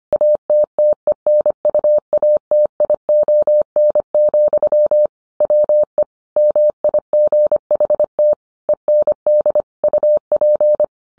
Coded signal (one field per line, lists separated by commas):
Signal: Morse code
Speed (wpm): 25 wpm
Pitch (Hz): 600 Hz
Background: none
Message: ATTENUATION, WE MIGHT END UP